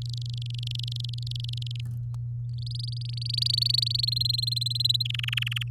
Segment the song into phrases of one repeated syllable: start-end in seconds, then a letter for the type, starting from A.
0.01-1.80 A, 2.58-4.10 B, 4.12-5.03 C, 5.05-5.63 D